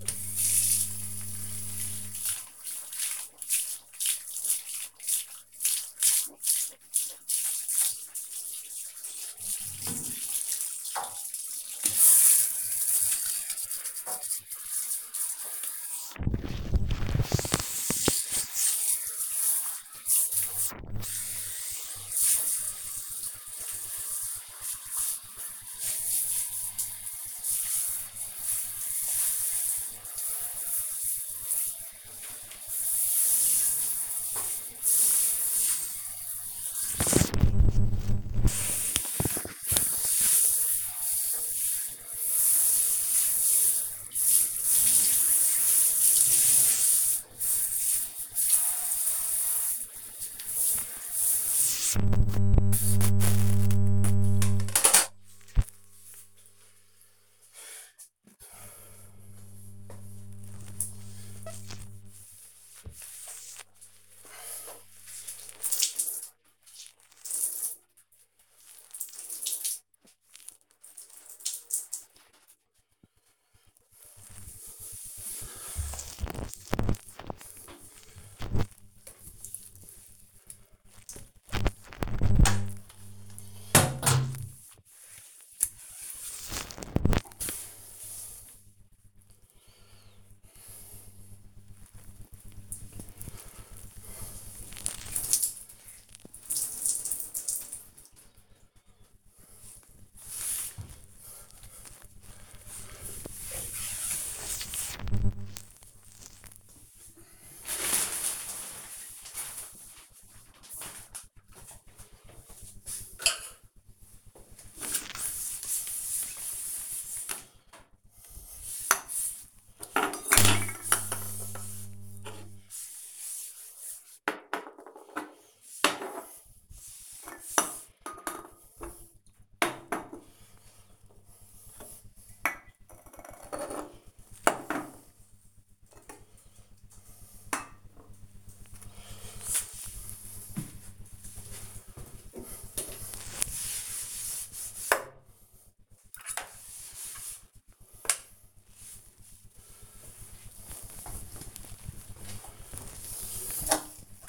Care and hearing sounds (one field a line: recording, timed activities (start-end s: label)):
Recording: household activities, microphone on the right wrist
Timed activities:
0.00-132.44 s: cleaning bathroom
143.53-154.29 s: cleaning bathroom